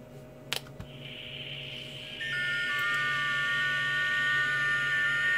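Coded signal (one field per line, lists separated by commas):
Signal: FT8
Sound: a few thin, steady, overlapping tones over band hiss, starting after a click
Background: radio static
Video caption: second contact FTA 30 meters [Music] [Music] third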